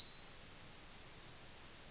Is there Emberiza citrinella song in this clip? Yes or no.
no